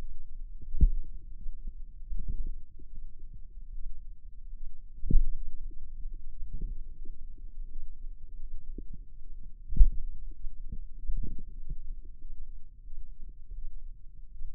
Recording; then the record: forearm muscle sounds (acoustic myography)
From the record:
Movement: pen grasping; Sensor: system 2, bracelet of six BSWA MPA416 microphones around the upper forearm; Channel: 4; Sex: female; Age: 23 years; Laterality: right